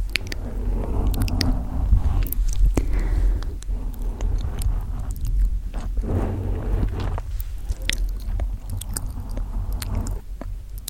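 Gentle mouth sounds and mic scratching fill the recording: soft wet clicks, smacks and chewing-like squishes recur irregularly throughout. Sharp bright ticks land every second or so over a steady low rumble, with a brief rising tone near the three-second mark.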